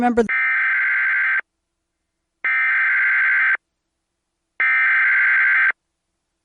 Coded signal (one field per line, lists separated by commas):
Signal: Emergency Alert System (SAME) tones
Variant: header bursts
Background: speech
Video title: Alabama Please! | EAS Alerts from January 3rd, 2023 (EAS #2149-2168)